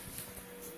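A plastic retaining clip, one of two on a washing machine's top panel, is pushed back into place and seats. A short click is heard at 0.2 s over a steady low hum and broadband background noise.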